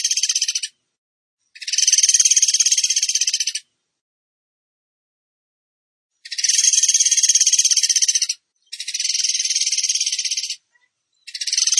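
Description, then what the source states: Bird song: high, buzzy, rapidly pulsed trills in bursts of about two seconds, with long silent gaps between some bursts. Bird singing in the tembakan gacor style, for training other birds (masteran).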